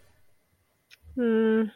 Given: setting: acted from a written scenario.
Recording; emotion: vocal sound without words; sadness